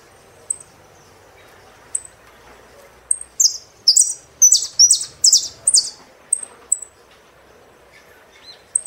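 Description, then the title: Saffron finch singing: scattered high single chips, then a burst of loud, rapid, falling sweeps, trailing back into sparse thin chips. "Jilguero Argentino"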